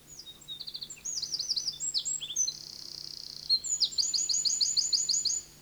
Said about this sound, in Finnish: Tämä laulaja on peukaloinen, maamme toiseksi pienin lintu. Terhakka, pystypyrstöinen ja vaikeasti havaittava. Se puikkelehtii taitavasti risujen, kaatuneiden puiden ja kivien lomassa. Sieltä sen laulu kuuluu voimallisena.